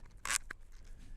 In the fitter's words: Or again, just feed it through and you can hear the click